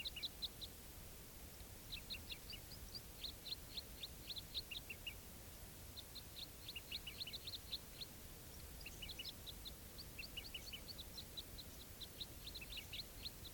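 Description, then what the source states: Crossbill flight calls, a flock giving rapid overlapping chips in long bursts with short quiet breaks, over steady background hiss. Type 4 crossbills, wild flock flying over from one grove to another without stopping; quite a few birds present.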